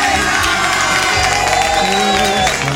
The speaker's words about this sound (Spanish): Fuertes aplausos para ella, por favor.